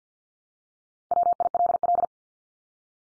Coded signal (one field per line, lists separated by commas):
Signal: Morse code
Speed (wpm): 50 wpm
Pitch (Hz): 700 Hz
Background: none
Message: WILL